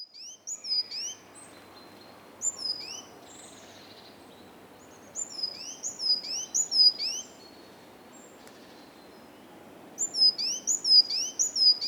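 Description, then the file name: Great tit song: bursts of high, sharp two-note phrases repeated several times, separated by pauses, over a steady low background hiss. "Parus major"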